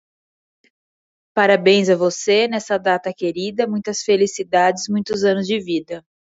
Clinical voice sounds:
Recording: short text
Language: Brazilian Portuguese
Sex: male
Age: 20 to 29 years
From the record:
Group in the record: control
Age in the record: 28 years

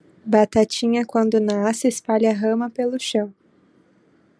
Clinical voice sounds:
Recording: short text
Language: Brazilian Portuguese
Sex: female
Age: 20 to 29 years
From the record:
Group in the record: control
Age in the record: 25 years

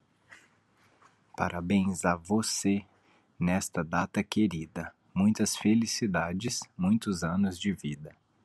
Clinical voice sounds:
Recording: short text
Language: Brazilian Portuguese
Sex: male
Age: 30 to 39 years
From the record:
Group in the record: control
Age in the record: 38 years

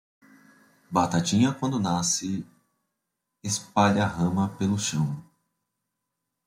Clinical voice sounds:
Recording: short text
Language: Brazilian Portuguese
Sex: male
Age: 20 to 29 years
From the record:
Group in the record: control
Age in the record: 23 years

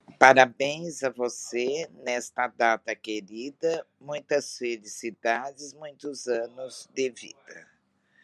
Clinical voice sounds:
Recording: short text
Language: Brazilian Portuguese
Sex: female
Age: 60 to 69 years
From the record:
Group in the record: control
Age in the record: 67 years

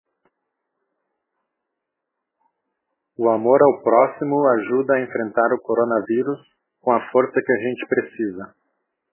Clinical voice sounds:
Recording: spoken sentence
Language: Brazilian Portuguese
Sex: male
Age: 50 to 59 years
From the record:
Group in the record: control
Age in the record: 51 years

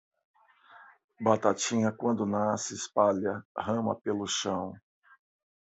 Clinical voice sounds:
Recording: short text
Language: Brazilian Portuguese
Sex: male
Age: 50 to 59 years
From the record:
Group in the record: control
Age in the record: 58 years

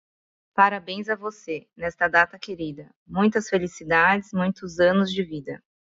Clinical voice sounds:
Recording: short text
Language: Brazilian Portuguese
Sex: female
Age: 30 to 39 years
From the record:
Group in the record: control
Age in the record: 33 years

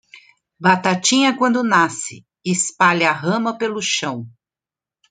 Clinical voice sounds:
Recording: short text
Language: Brazilian Portuguese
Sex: female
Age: 50 to 59 years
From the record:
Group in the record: control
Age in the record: 58 years

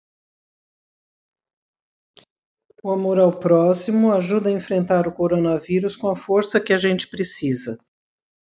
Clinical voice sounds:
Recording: spoken sentence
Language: Brazilian Portuguese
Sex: female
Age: 60 to 69 years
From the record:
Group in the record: control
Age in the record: 67 years

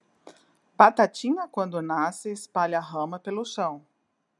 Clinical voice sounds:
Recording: short text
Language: Brazilian Portuguese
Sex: female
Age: 50 to 59 years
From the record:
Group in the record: control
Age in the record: 58 years

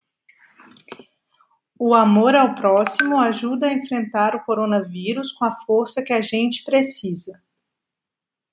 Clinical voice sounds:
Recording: spoken sentence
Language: Brazilian Portuguese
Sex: female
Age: 30 to 39 years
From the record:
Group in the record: control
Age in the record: 35 years

